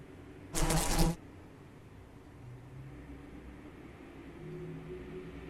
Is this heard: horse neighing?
no